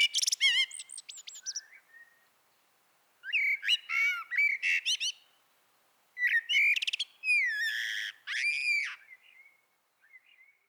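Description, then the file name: Common blackbird singing varied phrases of low, rich whistles and thin, high, scratchy twittering, separated by brief silences. "Turdus merula"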